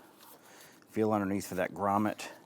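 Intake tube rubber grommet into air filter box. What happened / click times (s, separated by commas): Handled, not yet home: no seating sound from the grommet / none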